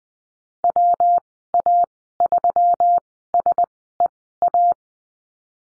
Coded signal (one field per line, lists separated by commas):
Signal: Morse code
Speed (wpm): 20 wpm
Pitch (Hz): 700 Hz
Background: none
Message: WA3SEA